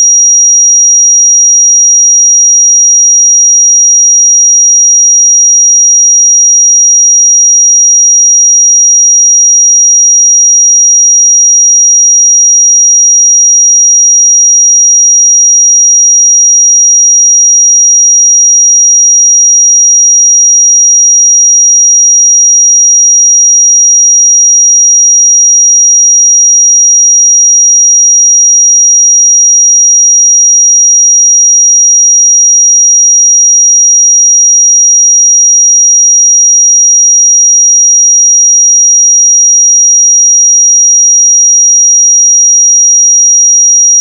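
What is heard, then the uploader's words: A pure sine tone at 5726 Hz holds perfectly steady for the full length, thin and bright with nothing else around it. Its loudness never wavers, and there is no background sound, only the single unbroken high whistle. 5726 Hz 1 Hz Interval Sine Pure Tone Frequency 441000 Sample Mono.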